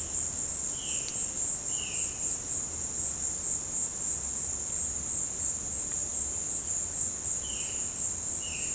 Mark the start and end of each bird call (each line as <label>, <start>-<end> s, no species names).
bird call, 0.71-1.07 s
bird call, 1.66-2.07 s
bird call, 7.39-7.79 s